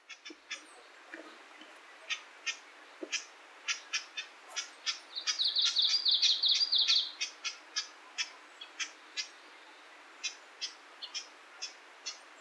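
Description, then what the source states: Japanese bush warbler giving dry, clicking calls about three times a second, with a high buzzy trill heard midway. Wild bird.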